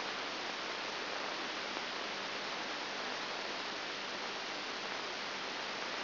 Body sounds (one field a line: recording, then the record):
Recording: brain microelectrode recording played as sound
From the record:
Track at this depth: inside the subthalamic nucleus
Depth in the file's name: 1.105 mm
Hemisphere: left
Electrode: 2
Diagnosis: Parkinson's disease